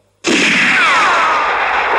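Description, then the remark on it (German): In the film Django, a pistol shot bursts in suddenly and loudly as Django, unable to use the trigger, rapidly hacks down the hammer with his bleeding hand and hits Jackson, followed by a harsh, sustained roar of noise with a whining tone sliding downward, like a ricochet, with no voices. “Django kann den Abzug seiner Pistole nicht mehr nutzen.”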